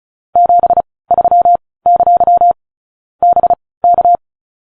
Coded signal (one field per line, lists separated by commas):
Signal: Morse code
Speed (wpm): 36 wpm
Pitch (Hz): 700 Hz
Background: none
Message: 73! BK